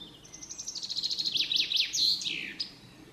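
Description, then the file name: Common chaffinch song: a rapid, swelling series of high notes, then a few slower, lower slurred notes, ending in a loud descending flourish. "Fringilla coelebs"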